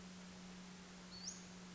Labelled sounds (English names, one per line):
Western Flycatcher